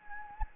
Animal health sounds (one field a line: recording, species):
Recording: mosquito wingbeat signal from an infrared sensor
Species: Anopheles gambiae